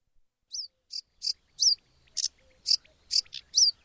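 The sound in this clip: Bird giving high chirps and a few inflected whistled notes, about two to three per second, loose and uneven in rhythm.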